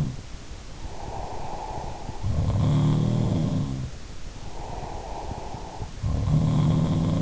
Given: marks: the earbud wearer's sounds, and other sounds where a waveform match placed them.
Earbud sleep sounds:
sounds in sleep by an in-ear microphone; breath
0.00-0.56 s: sound from someone else or the room
0.71-2.34 s: breath
2.08-4.12 s: sound from someone else or the room
4.31-5.83 s: breath
5.83-7.22 s: sound from someone else or the room

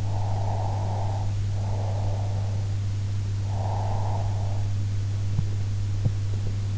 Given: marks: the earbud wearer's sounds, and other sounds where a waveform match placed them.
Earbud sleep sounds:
sounds in sleep by an in-ear microphone; breath
0.00-2.82 s: breath
3.37-5.05 s: breath

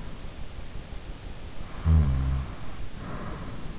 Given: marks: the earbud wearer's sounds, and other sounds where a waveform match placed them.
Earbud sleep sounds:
sounds in sleep by an in-ear microphone; snoring breath
1.87-3.51 s: snoring breath

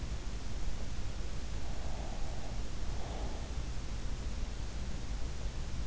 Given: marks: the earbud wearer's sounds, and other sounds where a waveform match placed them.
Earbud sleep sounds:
sounds in sleep by an in-ear microphone; breath
1.45-3.52 s: breath

